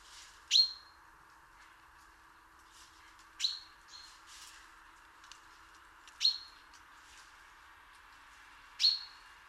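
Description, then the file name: Common chaffinch giving four clear, high, abrupt call notes spaced every two to three seconds, with faint soft chips between them. "Fringilla coelebs"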